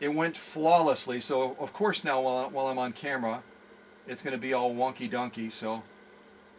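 Someone talks while handling the bobbin case and its door on a 1958 Czech-engineered LADA T-132 sewing machine, with a faint steady hum underneath. Nothing has seated or clicked yet; the bobbin case is not yet home.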